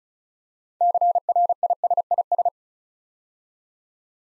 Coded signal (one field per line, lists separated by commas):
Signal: Morse code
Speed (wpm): 36 wpm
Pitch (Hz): 700 Hz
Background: none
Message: CRISIS